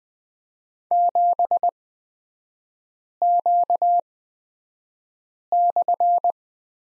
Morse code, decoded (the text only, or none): 7Q/